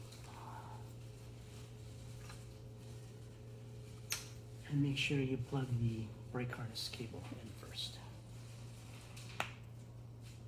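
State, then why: Seated. On an EVOLV Tour 2.0 / Tour XL during an LCD throttle replacement, the brake harness cable plug is pushed into its throttle/controller connector before the controller is installed, while someone talks over a steady low hum. A sharp snap at 9.4 s marks the connector seating.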